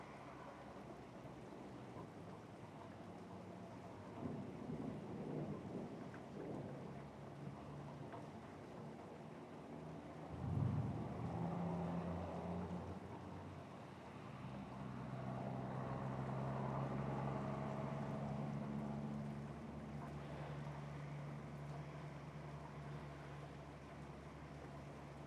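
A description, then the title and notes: Steady rain and low ship engine drone fill a harbor scene, with a deep thunder rumble near ten seconds and a long engine swell mid-clip. Martha's Vineyard Thunderstorm and Harbor Waves... Ambience.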